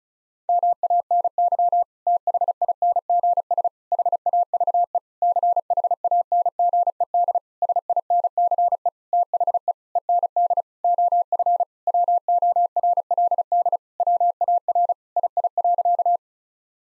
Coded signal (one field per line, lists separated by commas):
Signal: Morse code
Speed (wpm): 34 wpm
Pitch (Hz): 700 Hz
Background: none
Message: MANY THINGS HAVE CHANGED SINCE THE END OF WORLD WAR II.